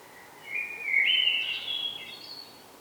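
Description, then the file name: Common blackbird giving a warbled, whistled phrase that rises and falls over about two seconds, ending on a higher thin note; otherwise quiet. "Turdus merula"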